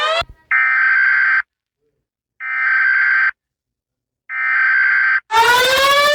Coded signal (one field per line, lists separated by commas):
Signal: Emergency Alert System (SAME) tones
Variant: header bursts